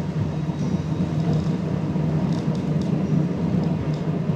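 A tram rumbles along steadily, a continuous low droning hum with a constant loudness, broken by a few faint, brief high rattles and squeaks partway through. No one speaks.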